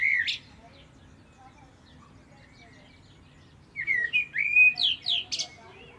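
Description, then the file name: Common blackbird song: a brief note, a pause, then a lively phrase of looping whistles and high twittering flourishes. "Turdus merula"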